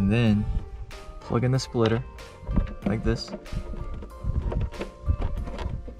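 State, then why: Not seated. Someone talks while the plastic harness connector of a mirror-light wiring splitter is handled and pushed toward the vehicle's mirror plug, with brief handling knocks around 4.5 s. Nothing has seated or clicked yet.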